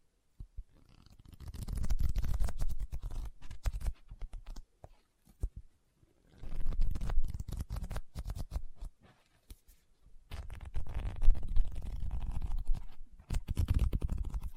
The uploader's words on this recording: Book Tapping, Scratching, Page Turning.